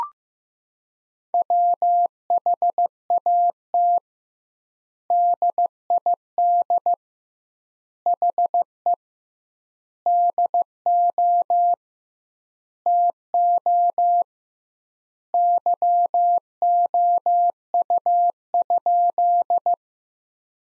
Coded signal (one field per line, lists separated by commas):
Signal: Morse code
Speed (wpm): 15 wpm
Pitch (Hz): 700 Hz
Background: none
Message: WHAT DID HE DO TO YOU?